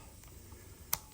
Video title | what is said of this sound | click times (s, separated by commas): How to start mower that’s been sitting for years ￼ | and it snaps back into place | 0.9 s